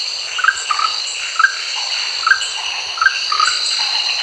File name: Rhacophorus aurantiventris